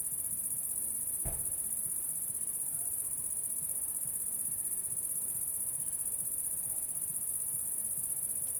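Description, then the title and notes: Cricket trilling steadily at a high pitch throughout, with one short low thump near the start. Recorded at La Sablière, Saint-Privat-de-Champclos, France, with a Zoom H6 and M/S microphone. "30430 Saint-Privat-de-Champclos, France - cricket la sabliére. cricket la sabliére Captation : ZOOMH6 + M/S Microphone"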